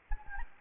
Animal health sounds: mosquito wingbeat signal from an infrared sensor; Anopheles gambiae

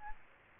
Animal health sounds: mosquito wingbeat signal from an infrared sensor; Aedes aegypti

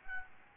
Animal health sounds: mosquito wingbeat signal from an infrared sensor; Aedes albopictus

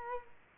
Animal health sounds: mosquito wingbeat signal from an infrared sensor; Culex quinquefasciatus

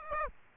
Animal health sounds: mosquito wingbeat signal from an infrared sensor; Aedes aegypti

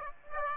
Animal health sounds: mosquito wingbeat signal from an infrared sensor; Aedes aegypti

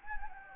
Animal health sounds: mosquito wingbeat signal from an infrared sensor; Anopheles gambiae

